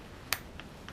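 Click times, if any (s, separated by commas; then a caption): 0.3 s. A jet needle held by the wire retainer in the slide of a Bing 32mm CV carburetor is twisted about 30 degrees past the retainer, giving a sharp click at 0.3 s, followed by fainter ticks near 0.6 and 0.9 s. The needle is then pulled down and out, released from the slide.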